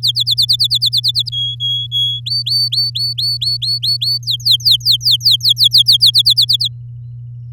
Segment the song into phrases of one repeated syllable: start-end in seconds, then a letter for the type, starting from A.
0.02-1.30 A, 1.32-2.20 B, 2.26-4.18 C, 4.23-6.11 D, 6.13-6.68 A